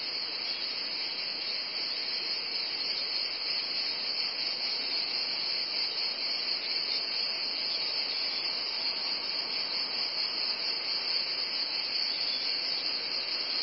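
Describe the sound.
Cicadas buzzing in a steady, unbroken high-pitched drone.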